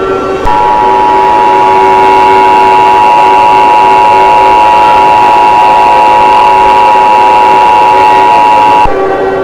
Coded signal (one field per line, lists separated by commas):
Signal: Emergency Alert System (SAME) tones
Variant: 853 and 960 Hz attention tone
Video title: EAS scenario 4: whitty’s explosion part 2